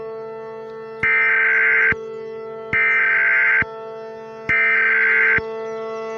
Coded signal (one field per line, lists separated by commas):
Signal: Emergency Alert System (SAME) tones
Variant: header bursts